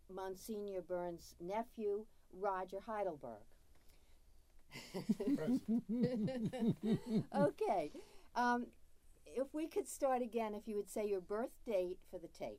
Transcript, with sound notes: Monsignor Byrnes' nephew, Roger Heidelberg [laughter]
Present. [laughter]
Okay. If we could start again, if you would say your birth date for the tape.